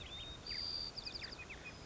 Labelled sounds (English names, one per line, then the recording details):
White-crowned Sparrow
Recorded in Sonoma County, California